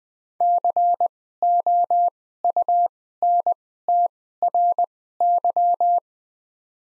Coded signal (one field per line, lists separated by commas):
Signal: Morse code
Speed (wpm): 20 wpm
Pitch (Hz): 700 Hz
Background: none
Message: COUNTRY